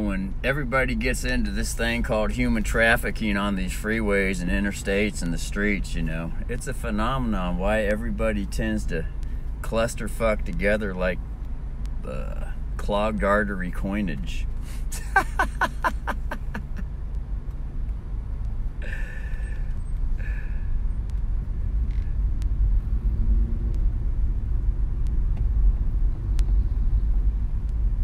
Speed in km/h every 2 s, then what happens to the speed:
3, 3, 3, 3, 1, 1, 3, 3, 3, 5, 5, 6, 7, 7.
0-8 steady at about 3. 8-10 standing. 10-28 steady at about 5.